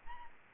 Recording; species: mosquito wingbeat signal from an infrared sensor; Aedes aegypti